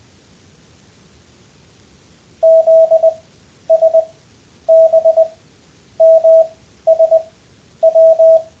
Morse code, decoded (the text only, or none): ZSBMSW